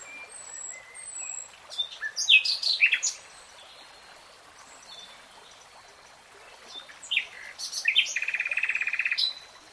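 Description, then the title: Nightingale singing varied phrases of quick whistles and slurred sweeps, a pause, then more chirps ending in a buzzy rattling trill. Real-time recording, not slowed. "[Tiếng chim hót] Nightingale Singing"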